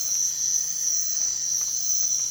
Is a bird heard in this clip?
no